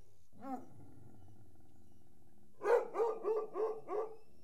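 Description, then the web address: Dog makes one faint short note, then after a pause gives a run of five quick barks about a third of a second apart. "The BBC Sound Effects Library - Complete 60 CDs Collection Sound Effects Library-38 (Horses # 2 and Dogs)"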